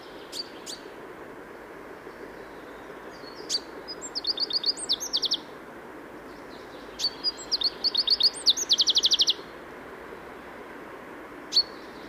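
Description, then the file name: Common chaffinch song phrases given twice, each a quick run of high notes into a rattling trill, with a few sharp isolated call notes between them. "Fringilla coelebs"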